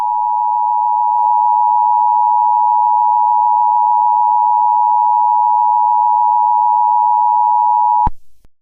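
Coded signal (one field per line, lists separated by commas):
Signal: Emergency Alert System (SAME) tones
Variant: 853 and 960 Hz attention tone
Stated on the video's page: Fictional EAS scenario; simulated alert tones.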